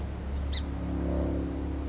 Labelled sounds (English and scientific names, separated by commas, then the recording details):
Song Sparrow (Melospiza melodia)
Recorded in Sonoma County, California